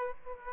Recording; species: mosquito wingbeat signal from an infrared sensor; Aedes aegypti